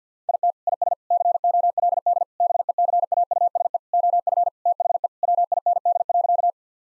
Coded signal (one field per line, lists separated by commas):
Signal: Morse code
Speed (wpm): 50 wpm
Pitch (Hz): 700 Hz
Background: none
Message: IT IS COLD BECAUSE OF THE WIND.